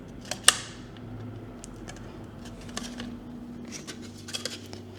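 A 2.5-inch drive is re-pushed into the plastic tool-less holder of a Ubiquiti Cloud Key Gen2 network controller after it had not sat fully in place. It snaps home with a sharp click at 0.5 s, followed by a few lighter plastic ticks and taps over a low steady hum. The drive is now latched and seated in the holder.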